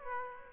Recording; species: mosquito wingbeat signal from an infrared sensor; Aedes aegypti